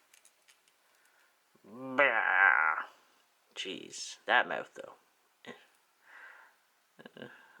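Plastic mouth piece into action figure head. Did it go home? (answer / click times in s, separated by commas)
partly / 7.1 s, 7.2 s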